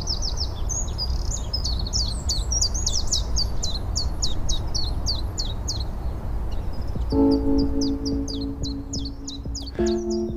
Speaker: Een Tjiftjaf die zegt volgens mij ook gewoon Tjiftjaf.